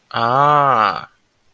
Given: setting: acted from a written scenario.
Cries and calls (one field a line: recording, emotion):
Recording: vocal sound without words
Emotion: realization